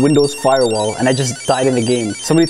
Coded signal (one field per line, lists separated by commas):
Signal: none